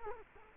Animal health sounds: mosquito wingbeat signal from an infrared sensor; Culex quinquefasciatus

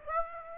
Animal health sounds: mosquito wingbeat signal from an infrared sensor; Aedes aegypti

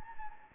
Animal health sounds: mosquito wingbeat signal from an infrared sensor; Anopheles gambiae

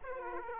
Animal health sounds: mosquito wingbeat signal from an infrared sensor; Aedes aegypti

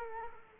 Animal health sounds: mosquito wingbeat signal from an infrared sensor; Culex quinquefasciatus

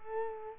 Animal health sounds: mosquito wingbeat signal from an infrared sensor; Culex quinquefasciatus

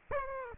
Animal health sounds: mosquito wingbeat signal from an infrared sensor; Aedes aegypti

